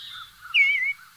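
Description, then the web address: Eastern bluebird giving a single slurred whistled note that falls and then levels off. "Songs of Birds of North America Know Your Bird Sounds. Eastern Bluebird"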